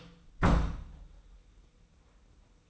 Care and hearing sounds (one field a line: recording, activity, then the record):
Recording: daily activity, microphone in the room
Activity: close door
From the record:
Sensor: 1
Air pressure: 990.4 hPa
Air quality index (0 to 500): 152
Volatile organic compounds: 1000 ppm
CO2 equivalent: 5485 ppm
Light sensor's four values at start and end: 33/74/32/34 and 33/74/32/35